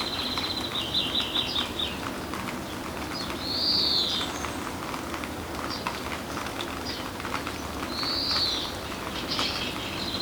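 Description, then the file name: European greenfinch opens with a quick twittering run of short notes, then gives drawn-out, arching nasal wheezes at intervals, over a constant background hiss. "Chloris chloris"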